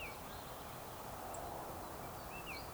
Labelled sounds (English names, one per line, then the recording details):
Eurasian Woodcock
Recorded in Baden-Württemberg, Germany, on 27 June 2020 at 19:17 UTC
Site 43791, 788 m above sea level